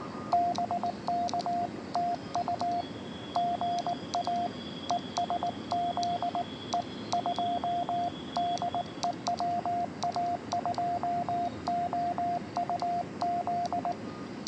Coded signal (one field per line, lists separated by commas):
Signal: Morse code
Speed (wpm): 19 wpm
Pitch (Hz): 690 Hz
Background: radio noise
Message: BK TU GA ES ZE2 DE WA2OUZ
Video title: POTA US-10663